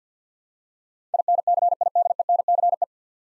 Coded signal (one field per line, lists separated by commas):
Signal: Morse code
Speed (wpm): 50 wpm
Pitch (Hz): 700 Hz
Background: none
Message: INCIDENCE